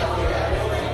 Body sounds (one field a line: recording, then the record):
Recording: background sound without coughing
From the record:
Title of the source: CITY SOUNDS Busy Bar in the Evening Night - 2 HOURS of Ambiance for Relaxation